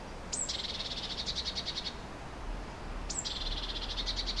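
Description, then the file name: Eurasian blue tit giving two dry, rattling churrs, each opening on a high squeaky note, over background hiss. "Cyanistes caeruleus"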